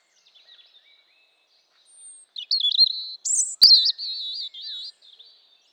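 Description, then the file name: European robin song: a thin high whistle, then a loud, varied phrase of quick warbled notes and fluttering trills, ending in soft twitters. "Erithacus rubecula"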